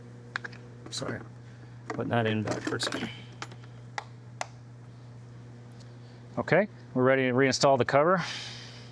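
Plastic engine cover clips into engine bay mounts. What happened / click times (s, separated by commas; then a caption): The cover is being handled; its clips have not snapped home yet / none. A plastic engine cover is being handled over its engine-bay mounts on a Lexus LC 500 during an oil change, with small retaining clips along its sides. Short, sharp taps and knocks are heard around 0.4, 3.4, 4.0 and 4.4 seconds while someone talks. The cover has not gone home yet and none of its clips have snapped into place.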